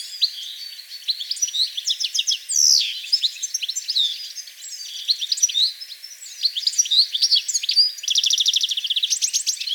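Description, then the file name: European goldfinch song: continuous tinkling, high-pitched twitter of rapid chirps and slurred notes, with a fast rattling trill near the end. "Carduelis carduelis"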